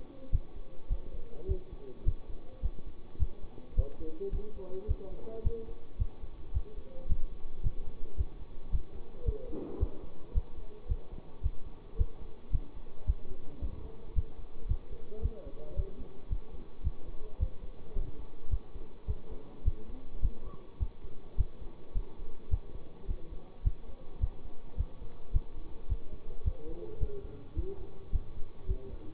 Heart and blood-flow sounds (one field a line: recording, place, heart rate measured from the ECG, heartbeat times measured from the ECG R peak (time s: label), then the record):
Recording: heart sounds by stethoscope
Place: between the tricuspid and mitral areas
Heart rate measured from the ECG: 108 bpm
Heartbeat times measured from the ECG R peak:
0.32 s: heartbeat
0.89 s: heartbeat
1.48 s: heartbeat
2.05 s: heartbeat
2.62 s: heartbeat
3.19 s: heartbeat
3.76 s: heartbeat
4.32 s: heartbeat
4.88 s: heartbeat
5.44 s: heartbeat
5.99 s: heartbeat
6.54 s: heartbeat
7.08 s: heartbeat
7.63 s: heartbeat
8.17 s: heartbeat
8.72 s: heartbeat
9.25 s: heartbeat
9.80 s: heartbeat
10.34 s: heartbeat
10.88 s: heartbeat
11.43 s: heartbeat
11.98 s: heartbeat
12.52 s: heartbeat
13.06 s: heartbeat
13.61 s: heartbeat
14.15 s: heartbeat
14.68 s: heartbeat
15.22 s: heartbeat
15.76 s: heartbeat
16.30 s: heartbeat
16.84 s: heartbeat
17.40 s: heartbeat
17.95 s: heartbeat
18.50 s: heartbeat
19.07 s: heartbeat
19.65 s: heartbeat
20.22 s: heartbeat
20.79 s: heartbeat
21.37 s: heartbeat
21.94 s: heartbeat
22.51 s: heartbeat
23.08 s: heartbeat
23.64 s: heartbeat
24.20 s: heartbeat
24.77 s: heartbeat
25.33 s: heartbeat
25.89 s: heartbeat
26.44 s: heartbeat
27.00 s: heartbeat
27.56 s: heartbeat
28.12 s: heartbeat
28.68 s: heartbeat
From the record:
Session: bicycle stress test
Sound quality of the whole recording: good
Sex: male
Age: 24 years